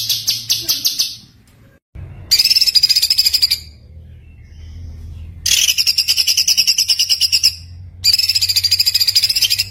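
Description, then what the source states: White-eye song: bright, rapid chattering phrases with a wavering whistle, coming in several separate bursts with quieter gaps between. Continuous singing (gacor) with full shooting song (tembakan), used as masteran for tutoring other songbirds.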